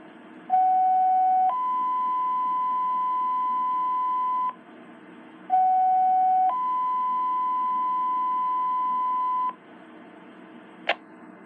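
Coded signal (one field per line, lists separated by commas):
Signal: two-tone page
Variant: Motorola Quick Call II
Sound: two pairs of tones: 1 s lower tone, then 3 s higher tone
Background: radio hiss, click at end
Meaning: Sequential tone pair selectively alerts one pager or radio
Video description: this is me sending out pager tones to my ht1000 requested by FireAlarmMaster623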